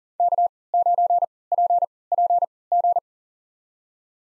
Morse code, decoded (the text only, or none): K9PPG